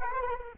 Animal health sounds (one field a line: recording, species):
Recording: mosquito wingbeat signal from an infrared sensor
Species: Culex quinquefasciatus